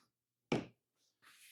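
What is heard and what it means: The second seat-back strap clip on a Lifetime Envoy tandem 10.5 ft kayak is held in line and pushed onto the kayak's plastic attachment point. It gives a single sharp click at 0.5 s, then quieter hissing noise follows. The clip is seated and the seat is adjusted.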